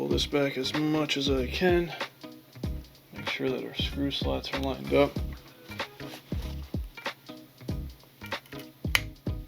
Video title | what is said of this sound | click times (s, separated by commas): Marlin 1895 Trapper: Midwest Extended Handguard Sight System Install & Review | there we go so I actually felt them kind of lock into place | 8.9 s